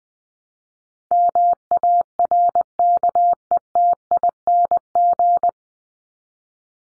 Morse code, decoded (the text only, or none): MARKETING